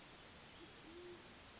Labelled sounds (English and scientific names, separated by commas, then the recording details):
Band-tailed Pigeon (Patagioenas fasciata)
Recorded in Sonoma County, California